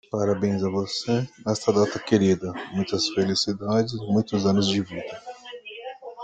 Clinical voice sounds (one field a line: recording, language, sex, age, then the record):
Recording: short text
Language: Brazilian Portuguese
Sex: male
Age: 50 to 59 years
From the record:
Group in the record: control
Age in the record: 54 years